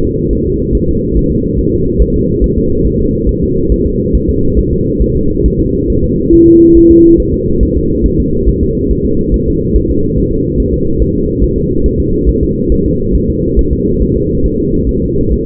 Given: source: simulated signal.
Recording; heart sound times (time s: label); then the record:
fetal heart sounds
0.05 s: S2
0.33 s: S1
0.47 s: S2
0.75 s: S1
0.89 s: S2
1.17 s: S1
1.31 s: S2
1.59 s: S1
1.73 s: S2
2.02 s: S1
2.16 s: S2
2.44 s: S1
2.58 s: S2
2.87 s: S1
3.01 s: S2
3.29 s: S1
3.44 s: S2
3.72 s: S1
3.86 s: S2
4.15 s: S1
4.29 s: S2
4.59 s: S1
4.73 s: S2
5.02 s: S1
5.16 s: S2
5.46 s: S1
5.60 s: S2
5.90 s: S1
6.04 s: S2
6.33 s: S1
6.48 s: S2
6.77 s: S1
6.91 s: S2
7.20 s: S1
7.34 s: S2
7.63 s: S1
7.77 s: S2
8.06 s: S1
8.20 s: S2
8.49 s: S1
8.63 s: S2
8.91 s: S1
9.06 s: S2
9.34 s: S1
9.48 s: S2
9.76 s: S1
9.91 s: S2
10.18 s: S1
10.32 s: S2
10.60 s: S1
10.74 s: S2
11.02 s: S1
11.16 s: S2
11.44 s: S1
11.58 s: S2
11.86 s: S1
12.00 s: S2
12.29 s: S1
12.43 s: S2
12.72 s: S1
12.86 s: S2
13.16 s: S1
13.30 s: S2
13.59 s: S1
13.73 s: S2
14.02 s: S1
14.17 s: S2
14.46 s: S1
14.60 s: S2
14.89 s: S1
15.03 s: S2
15.32 s: S1
From the record:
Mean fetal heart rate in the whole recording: 140 bpm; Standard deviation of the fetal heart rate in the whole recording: 2 bpm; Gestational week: 34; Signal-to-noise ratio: -15.3 dB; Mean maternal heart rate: 72 bpm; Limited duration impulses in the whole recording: present